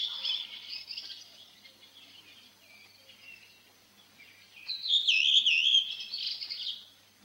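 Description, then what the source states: Redwing song, high chattering notes fading out midway, then a louder warbled phrase of sliding whistles and twitters. Sings tirelessly in old parks and forest clearings; song begins with a loud whistled trill followed by quiet chattering.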